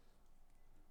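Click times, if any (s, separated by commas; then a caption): none. A plastic brick arm piece is being handled against the middle bar of a small LEGO Creator 11938-1 ED the Robot model (2020 poly bag set). Only a steady, quiet, low-level rustle is heard, with no sharp transients. Nothing has seated or clicked yet.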